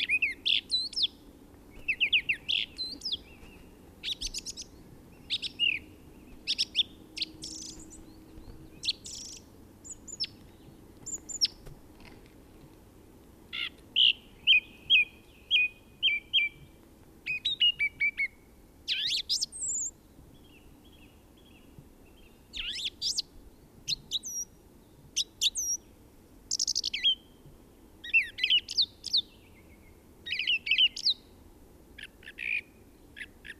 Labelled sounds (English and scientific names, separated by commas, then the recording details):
Song Thrush (Turdus philomelos) song
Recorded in the wild
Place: DE
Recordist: Tretzel, Erwin